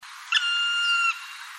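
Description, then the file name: Black woodpecker call, a single drawn-out, steady whistled note lasting under a second, over a constant hiss. "kumagera"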